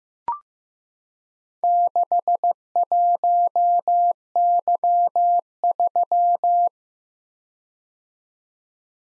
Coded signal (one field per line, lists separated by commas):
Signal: Morse code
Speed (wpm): 15 wpm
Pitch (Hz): 700 Hz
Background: none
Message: 61Y3